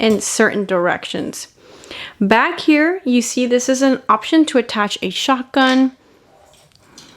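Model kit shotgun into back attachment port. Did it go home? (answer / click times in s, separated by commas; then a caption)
yes / 7.0 s. Someone talks about a Digimon model kit, then a plastic model shotgun accessory is pressed onto the attachment point on the kit's back. It snaps into place with a click at 7.0 s, seating on the back mount.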